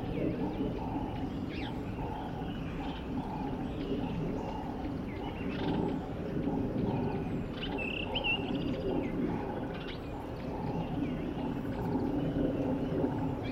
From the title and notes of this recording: Durational audio recording of the sound environment around a dry stretch of the Limpopo River in South Africa at the beginning of the rainy season. The recording begins just before dusk and continues through late morning. Audio encoding: Stereo FLAC at 48kHz, 24bit.